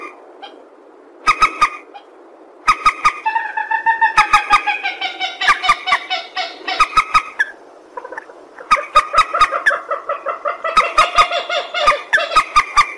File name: tieng trich re keu